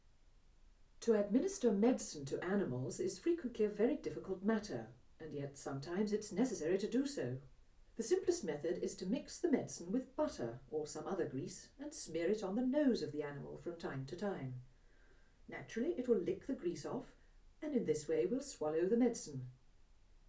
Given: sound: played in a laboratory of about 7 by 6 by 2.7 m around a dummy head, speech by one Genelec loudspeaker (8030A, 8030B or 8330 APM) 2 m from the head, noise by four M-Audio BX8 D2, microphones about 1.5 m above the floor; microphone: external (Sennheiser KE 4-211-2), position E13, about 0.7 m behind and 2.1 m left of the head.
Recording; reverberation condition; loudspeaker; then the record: female speech in English; low; 150 degrees to the right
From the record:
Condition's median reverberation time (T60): about 310 ms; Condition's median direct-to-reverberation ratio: about 3.5 dB